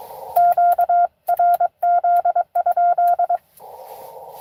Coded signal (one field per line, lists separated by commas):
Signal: Morse code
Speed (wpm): 24 wpm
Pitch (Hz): 700 Hz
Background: none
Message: QRZ?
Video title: N2AKJ is live! doing pota at us-2114 #pota #cw #n2akj #morsecode